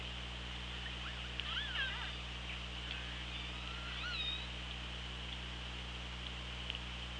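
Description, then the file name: Killer whale calls: a short burst of bending tonal calls early on, then fainter calls midway, against steady background hiss and low droning hum. OrcaLab hydrophone at Cracroft Point, 24 August 2017, 16:36. "Orca Lab 20170824 163613 CP"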